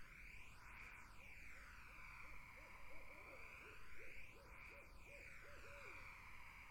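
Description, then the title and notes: Barred owl hooting in two quick rhythmic bursts of short, rising-and-falling hoots, over a steady shrill insect chorus. Barred owls in a summer wetland. "Barred Owls in a Summer Wetland. The Wild Life"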